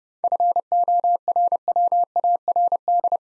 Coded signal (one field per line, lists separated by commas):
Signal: Morse code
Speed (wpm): 28 wpm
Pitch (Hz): 700 Hz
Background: none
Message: FORWARD